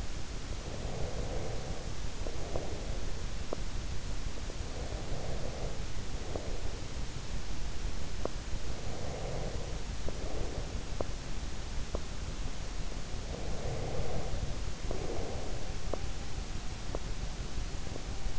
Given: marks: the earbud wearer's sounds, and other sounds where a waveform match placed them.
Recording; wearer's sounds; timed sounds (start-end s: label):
sounds in sleep by an in-ear microphone; breath, teeth grinding
0.68-3.26 s: breath
3.42-3.73 s: teeth grinding
4.25-7.11 s: breath
8.20-8.35 s: teeth grinding
8.72-10.85 s: breath
10.85-12.11 s: teeth grinding
13.21-15.83 s: breath
15.83-18.21 s: teeth grinding